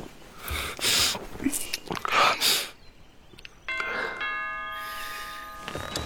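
A doorbell chimes with bright, sustained ringing tones that hold steadily for a couple of seconds, following a stretch of soft rustling and shuffling noises.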